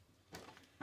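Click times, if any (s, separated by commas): none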